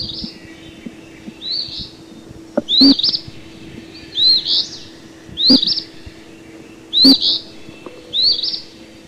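Eastern phoebe with repeated raspy two-part phrases, mixed with sharp clicks and a faint steady hum.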